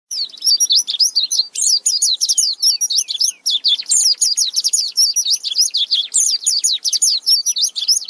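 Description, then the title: Oriental white-eye song, a dense, fast twittering of high, thin chirps and slurred notes, with only brief breaks. "Pleci"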